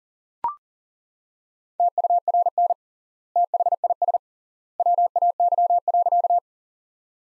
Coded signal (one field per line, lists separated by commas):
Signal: Morse code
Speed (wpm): 40 wpm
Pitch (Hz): 700 Hz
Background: none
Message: TURN THIS WAY.